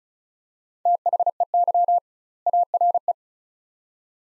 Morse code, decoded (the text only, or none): THEY ARE